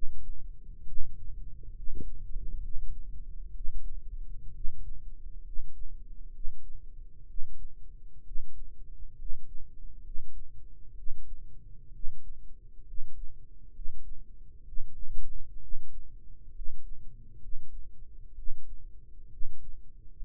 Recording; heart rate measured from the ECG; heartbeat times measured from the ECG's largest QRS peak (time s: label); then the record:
heart sounds by microphone in the right ear; 65 bpm
0.82 s: heartbeat
1.70 s: heartbeat
2.57 s: heartbeat
3.50 s: heartbeat
4.49 s: heartbeat
5.39 s: heartbeat
6.28 s: heartbeat
7.23 s: heartbeat
8.20 s: heartbeat
9.12 s: heartbeat
9.99 s: heartbeat
10.91 s: heartbeat
11.88 s: heartbeat
12.81 s: heartbeat
13.69 s: heartbeat
14.61 s: heartbeat
15.56 s: heartbeat
16.49 s: heartbeat
17.36 s: heartbeat
18.31 s: heartbeat
19.26 s: heartbeat
20.10 s: heartbeat
From the record:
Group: healthy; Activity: rest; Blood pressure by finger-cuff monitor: 101/55 mmHg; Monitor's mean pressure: 65 mmHg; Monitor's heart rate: 64 bpm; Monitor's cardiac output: 7.3 L/min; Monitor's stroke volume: 111 mL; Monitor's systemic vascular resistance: 630 dyn s/cm5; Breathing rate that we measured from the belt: 17 breaths a minute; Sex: male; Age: 22 years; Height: 185 cm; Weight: 112.4 kg